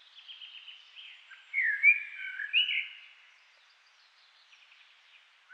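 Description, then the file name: Eurasian blackbird song: one loud, flutey warbled phrase in midway, preceded by faint soft twittering, then quiet. "Turdus merula"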